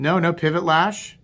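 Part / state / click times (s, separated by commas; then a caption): folding knife blade locking open in its handle / not seated / none. A Boos Blades Smoke Mini carbon fiber folding knife is being handled while someone talks, with its blade about to be flicked open and lock in its handle, a lock that engages with more of a thud than a click. Only the voice is heard in this clip, with no sharp impact sounds. The blade has not locked into place yet; nothing has seated or clicked.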